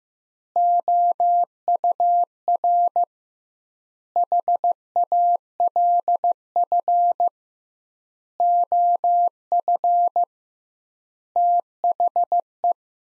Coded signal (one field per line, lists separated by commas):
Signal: Morse code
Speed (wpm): 15 wpm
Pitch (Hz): 700 Hz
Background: none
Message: OUR HALF OF THE